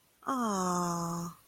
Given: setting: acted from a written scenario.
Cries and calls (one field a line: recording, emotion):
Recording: vocal sound without words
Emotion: adoration